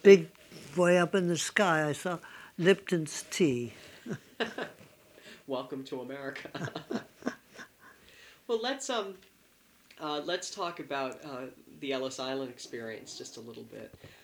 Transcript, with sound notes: Big, way up in the sky, I saw Lipton's Tea.
Welcome to America. (they laugh) Well, let's, let's talk about the Ellis Island experience just a little bit.